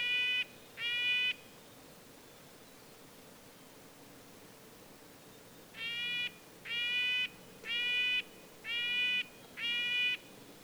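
Red-breasted nuthatch calls: two nasal toots, a long pause, then five evenly spaced nasal honking notes about a second apart.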